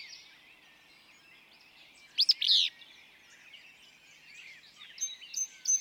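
Willow flycatcher song: one loud, buzzy, burry phrase near the middle, with quieter chirps from other birds around it.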